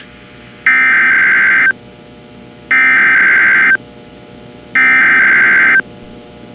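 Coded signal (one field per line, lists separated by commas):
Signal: Emergency Alert System (SAME) tones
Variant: header bursts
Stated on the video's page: Required Weekly Test on NOAA Weather Radio station WXK26, with live voice.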